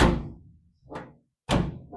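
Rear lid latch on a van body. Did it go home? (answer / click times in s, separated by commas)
no / none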